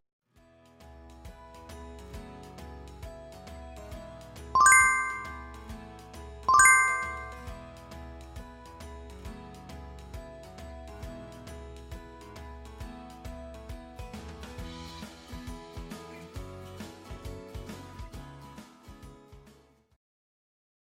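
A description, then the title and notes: Steady 741 Hz and 528 Hz tones over a regular low pulsing beat, with two bright chime strikes near five and seven seconds, fading out around twenty. MIND HEALING Binaural Beats for Mind Healing 741 hz + 528 hz + 11 hz.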